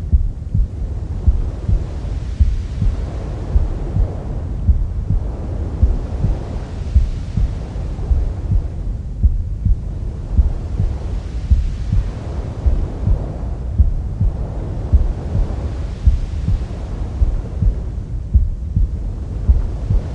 Womb Sounds with Mother's Heartbeat.